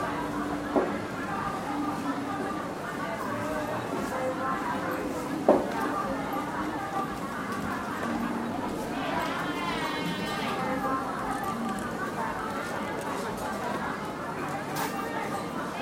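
Hawkers call out their goods beside a Hong Kong wet market, recorded from the middle of the road. A steady, dense murmur of voices fills the whole clip, with a clear rising call near ten seconds and sharp knocks around one and five seconds.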